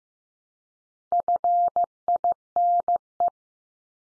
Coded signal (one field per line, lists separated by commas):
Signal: Morse code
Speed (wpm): 15 wpm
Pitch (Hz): 700 Hz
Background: none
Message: FINE